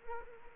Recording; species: mosquito wingbeat signal from an infrared sensor; Anopheles arabiensis